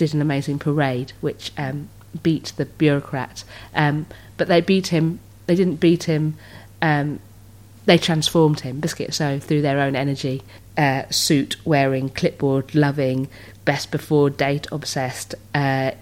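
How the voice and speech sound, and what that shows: An adult woman with Tourette syndrome narrates fluently and at an even pace, but the word "biscuit" is blurted twice mid-sentence with no link to the story, alongside ordinary "um" fillers. These are simple vocal tics, here a repeated word; "biscuit" is among her most common tics.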